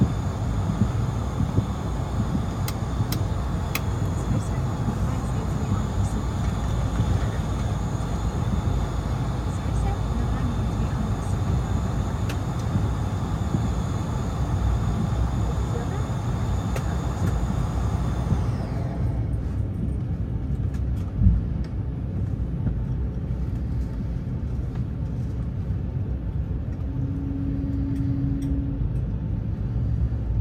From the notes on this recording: full flights with all of it's sounds including passenger announcements, service and of course the engines